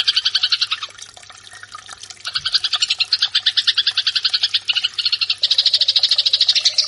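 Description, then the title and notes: Eurasian tree sparrow fighting calls: fast runs of harsh chirps, broken by a short quieter pause before the chattering resumes. Fighting-style call (tarung) used for training birds. "MASTER GEREJA TARUNG. burung gereja"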